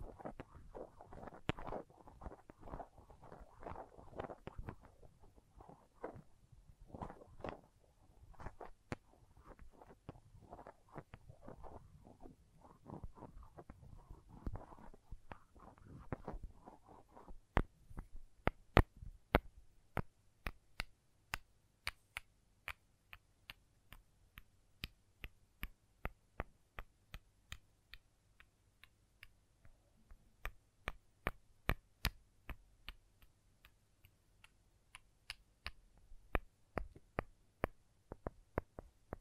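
Crayons tap, scrape and cut in a dense stretch of scratchy, mid-pitched strokes and knocks for the first seventeen seconds. After that the sound turns to sharp, bright ticks and taps, some quick and bunched, others spaced out, with quiet gaps and a low faint hum beneath.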